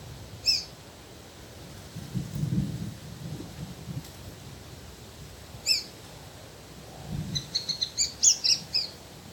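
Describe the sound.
Dusky myzomela giving sharp, high chips, one at the start and one near six seconds, then a quick run of bright twittering notes near the end, over low rumbling.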